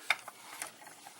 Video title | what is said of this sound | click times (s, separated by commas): Perfect Effect PC-06 and 07 Combiner Upgrade Set for Devastator | So, you just push it in there and it locks into place. It doesn't lock. | 0.1 s